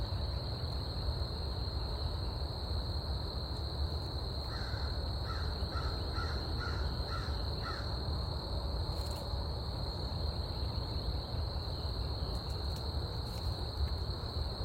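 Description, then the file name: Crow cawing: several short, harsh caws in a quick even series over a few seconds, with a steady high insect trill and low rumbling noise behind. Scout Island, 19 April; with crickets. "crickets-crows-bea-eating-leaves-19 april"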